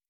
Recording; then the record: hydrophone in a shrimp aquaculture tank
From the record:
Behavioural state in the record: normal